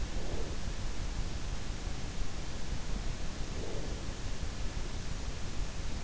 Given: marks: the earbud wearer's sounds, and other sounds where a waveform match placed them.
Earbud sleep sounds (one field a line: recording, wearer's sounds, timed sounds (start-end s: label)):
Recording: sounds in sleep by an in-ear microphone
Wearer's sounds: breath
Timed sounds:
0.00-0.77 s: breath
3.48-4.09 s: breath